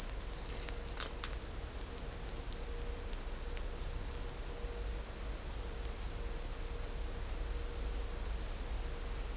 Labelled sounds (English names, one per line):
none